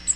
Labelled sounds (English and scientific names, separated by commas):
Cape May Warbler (Setophaga tigrina) flight call